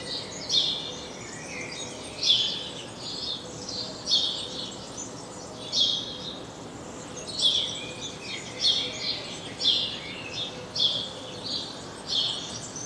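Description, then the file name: House sparrow chirps, short bright notes given singly or in pairs every one to two seconds at an uneven pace, over a steady hiss of background noise. "Passer domesticus"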